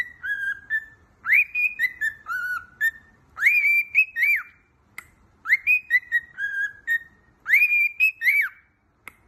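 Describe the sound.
Cockatiel singing a repeated whistled tune of swooping and steady notes, in several phrases separated by brief silent gaps.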